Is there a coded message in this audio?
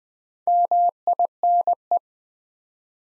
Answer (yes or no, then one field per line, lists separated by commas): yes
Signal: Morse code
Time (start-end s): 0.5-2.0 s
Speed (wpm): 20 wpm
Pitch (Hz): 700 Hz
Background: none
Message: MINE